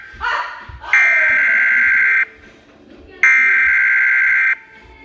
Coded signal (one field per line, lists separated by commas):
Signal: Emergency Alert System (SAME) tones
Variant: header bursts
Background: speech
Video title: EAS #69 Severe Thunderstorm Warning